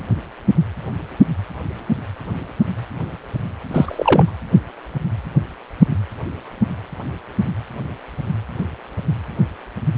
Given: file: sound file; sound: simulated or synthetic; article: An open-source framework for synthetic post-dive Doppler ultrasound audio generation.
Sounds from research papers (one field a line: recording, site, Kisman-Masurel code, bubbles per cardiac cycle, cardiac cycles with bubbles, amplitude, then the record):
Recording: Doppler ultrasound audio after a dive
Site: precordial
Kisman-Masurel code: 223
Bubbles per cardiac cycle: several, 3–8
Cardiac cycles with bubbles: 10–50%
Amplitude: loud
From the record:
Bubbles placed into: full cardiac cycles